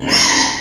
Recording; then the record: squeal of a Yucatan mini pig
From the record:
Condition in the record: before surgery on the right vocal fold (resection and tissue-engineered implant); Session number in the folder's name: 2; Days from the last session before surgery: 0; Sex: male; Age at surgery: 12 weeks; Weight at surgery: 13 kg